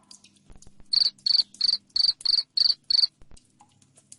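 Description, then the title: Cricket chirping: seven loud, high-pitched pulsed chirps in a steady row, with faint clicks before and after. Loud cricket chirping played to make lovebirds sing continuously (ngekek). "Suara JANGKRIK NGERIK Keras Bikin LOVEBIRD Jadi NGEKEK Terus Vubey"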